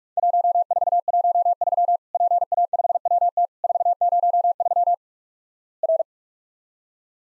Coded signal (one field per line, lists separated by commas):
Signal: Morse code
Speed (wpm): 46 wpm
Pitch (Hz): 700 Hz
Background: none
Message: 1413 PA5WT 403 R